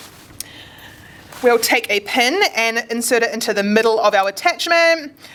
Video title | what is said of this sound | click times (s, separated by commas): Refurbished Stryker Cordless Driver - Quick User Guide for Veterinary Use | Again, just pop that one in until you click in place there. | 0.4 s